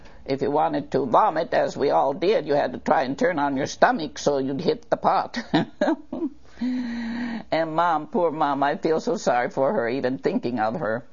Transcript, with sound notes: If you wanted to vomit, as well all did, you had to try and turn on your stomach so you'd hit the pot. (laughs) And mom - poor mom. I feel so sorry for her - even thinking of her.